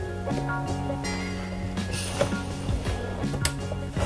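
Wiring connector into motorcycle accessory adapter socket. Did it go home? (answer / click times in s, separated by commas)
yes / 3.5 s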